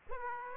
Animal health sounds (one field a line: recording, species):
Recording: mosquito wingbeat signal from an infrared sensor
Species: Aedes aegypti